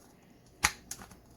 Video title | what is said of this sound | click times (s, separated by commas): A 'This N That' haul, witchy haul, wax haul and 'stuff' lol | I mean, it is plastic, but it does snap, if you can hear that. | 0.6 s